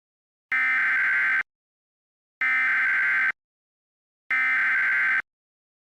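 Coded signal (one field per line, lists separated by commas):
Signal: Emergency Alert System (SAME) tones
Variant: header bursts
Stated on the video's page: EAS mock with simulated SAME tones interrupting a TV news report.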